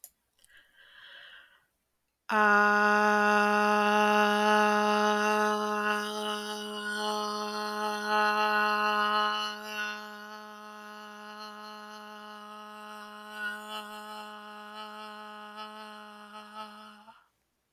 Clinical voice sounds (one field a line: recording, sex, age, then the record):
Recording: vowel held as long as possible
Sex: female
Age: 20 to 29 years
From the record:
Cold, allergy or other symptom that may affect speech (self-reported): no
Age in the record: 25 years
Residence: United States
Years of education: 13